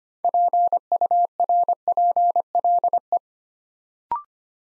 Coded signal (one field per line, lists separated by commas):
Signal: Morse code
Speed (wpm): 26 wpm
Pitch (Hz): 700 Hz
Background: none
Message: PURPLE